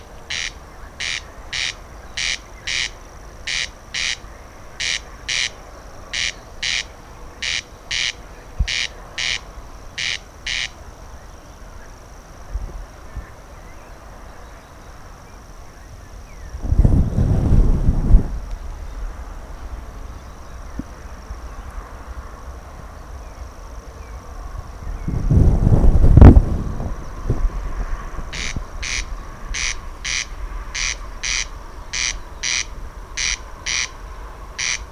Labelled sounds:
Corn Crake
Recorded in the wild
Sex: male
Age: adult
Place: Schwedt/Oder, Nationalpark Unteres Odertal, Brandenburg, DE
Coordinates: 53.0413, 14.0413
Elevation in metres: 1
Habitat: grassland
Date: 2017-06-19 21:41
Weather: clear, 18°C, weak wind from East
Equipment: Olympus LS-3, Olympus ME31
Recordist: Frommolt, Karl-Heinz
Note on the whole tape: Polder B des Nationalparks Unteres Odertal: Rufreihe eines Wachtelkönigs

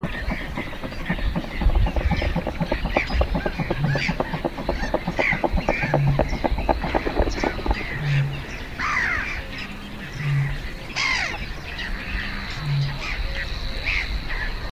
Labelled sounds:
Mute Swan
Great Bittern
Whiskered Tern
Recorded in the wild
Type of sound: flight sound
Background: Larus ridibundus, Botaurus stellaris, Chlidonias hybrida
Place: Warsow, Kummerower See, Mecklenburg-Vorpommern, DE
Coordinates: 53.8369, 12.8325
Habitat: wetland
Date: 2012-05-24 04:39
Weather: 8°C, sunny, weak winds from NE
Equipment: Sound Devices 702, Sennheiser MKH 70, Rycote Windschutz
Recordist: Frommolt, Karl-Heinz
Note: Polder Große Rosin bei Warsow: Fluggeräusche eines Höckerschwans. Daneben Rohrdommel Weißbartseeschwalbe und Lachmöwe

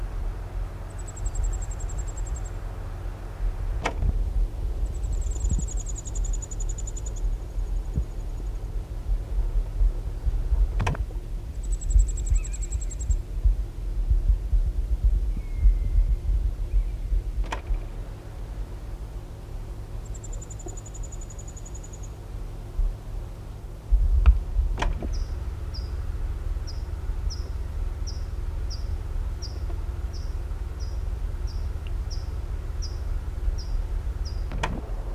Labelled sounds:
Tree Pipit call
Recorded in the wild
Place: Forst Gatow, Berlin, DE
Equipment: Halbspur, 9,5 cm/s
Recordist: Lütgens, Hans

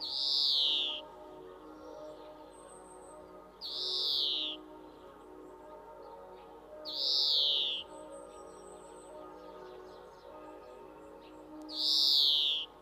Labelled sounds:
European Greenfinch song
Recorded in the wild
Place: Kaiserslautern, Rheinland-Pfalz, DE
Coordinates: 49.4247, 7.77889
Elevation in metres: 279
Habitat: garden
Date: 1983-09-10
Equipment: Nagra IV, Sennheiser MKH 405, Parabolreflektor
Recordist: Tretzel, Erwin
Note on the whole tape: Aufnahme September 1983, Garten, Kaiserslautern: Gesang

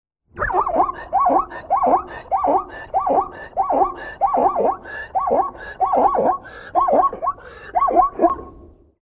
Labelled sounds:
Plains Zebra
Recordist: Tembrock, Günter
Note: Rufreihe des Hengstes

